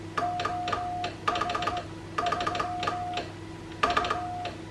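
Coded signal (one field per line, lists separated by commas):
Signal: Morse code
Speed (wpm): 18 wpm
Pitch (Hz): 710 Hz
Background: none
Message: OH 3 U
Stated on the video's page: CW contact on a homebuilt replica WW2 Paraset spy radio: one-tube transmitter, two-tube regenerative receiver.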